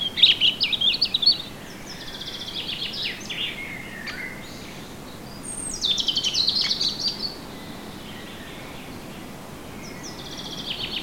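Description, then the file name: European robin song in several separate bursts of high, tinkling whistles and fast warbling trills, with quiet gaps and low background hiss between. "Erithacus rubecula"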